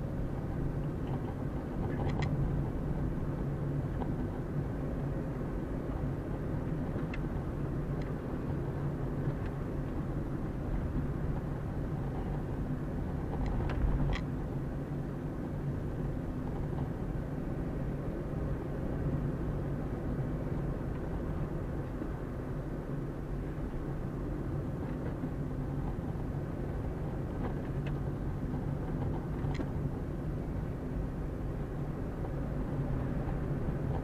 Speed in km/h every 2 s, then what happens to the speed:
33, 34, 35, 36, 35, 32, 32, 32, 32, 35, 37, 36, 32, 32, 30, 31, 34.
0-21 steady at about 34. 21-29 slows to 30.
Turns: none.